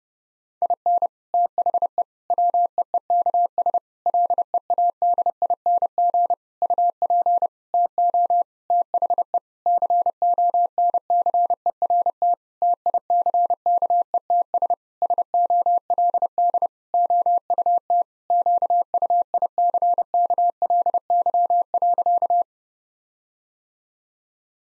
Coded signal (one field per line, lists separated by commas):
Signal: Morse code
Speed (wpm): 32 wpm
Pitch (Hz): 700 Hz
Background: none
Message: IN THE WEEKS LEADING UP TO THE CONCERT TICKETS SOLD OUT QUICKLY.